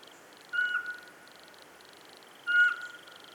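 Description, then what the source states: Eurasian pygmy owl: two short, flat piping whistles about two seconds apart, a rhythmic pulsed chirring continuing behind them. Calling from the top of a spruce; 27 September 2017, near 8 pm, 12 degrees, foot of Pic de Bure, Dévoluy massif; recorded by nature sound recordist Fernand de Roussen.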